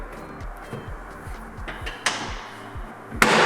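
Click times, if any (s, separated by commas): 3.2 s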